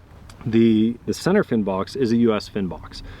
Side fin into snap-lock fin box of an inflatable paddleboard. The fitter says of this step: when you put them in all you need to do is make sure this this part here is all the way down and it snaps right in right